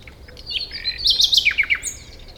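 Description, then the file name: Common nightingale song phrase: a rapid sequence of repeated high notes and descending slurs. "Luscinia megarhynchos"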